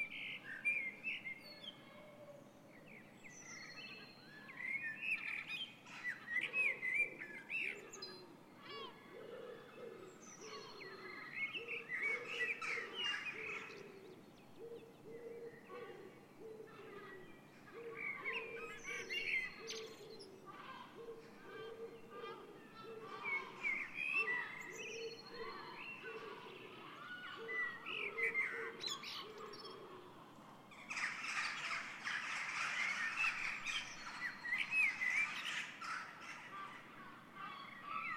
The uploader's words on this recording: Dawn Chorus 06:00 AM Den Haag. Met naast de gewoonlijke deelnemers (Merel, Roodborstje, Winterkoning enz.) ook Kauwtjes, Meeuwen en een duif. With Jackdaws, Seagulls and a pigeon added to the usual bunch (Blackbird, Robin, Wren etc.)